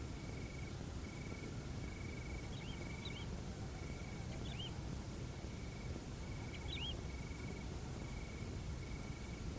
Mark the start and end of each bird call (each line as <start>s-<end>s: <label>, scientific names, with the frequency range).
2.52s-2.76s: Lullula arborea (2.1-4.0 kHz)
3.05s-3.25s: Lullula arborea (2.5-4.1 kHz)
4.32s-4.69s: Lullula arborea (2.0-4.0 kHz)
6.53s-6.94s: Lullula arborea (2.1-4.1 kHz)